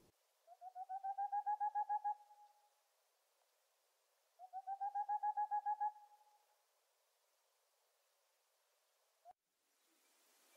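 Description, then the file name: Boreal owl producing two evenly spaced bursts of fast hollow hooting, each swelling then trailing off, followed by quiet and a brief clunk near the end. "Rauhfusskauz"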